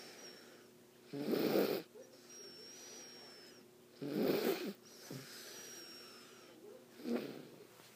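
Three rough, rumbling snores from a dog in eight seconds, about 21 breaths a minute, with faint chirps in the background.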